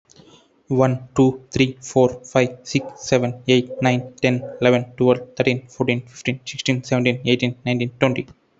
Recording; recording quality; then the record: counting at a fast pace; moderate, slight background noise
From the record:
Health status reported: healthy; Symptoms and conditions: none ticked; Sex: male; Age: 26 years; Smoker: not ticked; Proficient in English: yes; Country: India